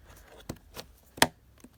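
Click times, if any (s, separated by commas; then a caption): 1.2 s. A plastic air tube connector, removed by squeezing its sides, is pushed back into the rear port of a ResMed AirSense 10 CPAP machine. A few soft knocks and handling taps come first, then a sharp click at 1.2 s, the same as the first insertion. The connector is seated.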